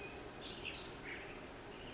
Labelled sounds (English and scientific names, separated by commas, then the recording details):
Pacific Wren (Troglodytes pacificus)
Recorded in Sonoma County, California